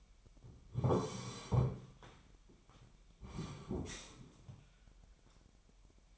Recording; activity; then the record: daily activity, microphone in the room; sit down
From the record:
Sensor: 1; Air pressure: 998.5 hPa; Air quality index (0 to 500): 121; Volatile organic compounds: 3 ppm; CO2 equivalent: 1443 ppm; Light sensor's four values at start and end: 10/24/10/12 and 10/25/10/12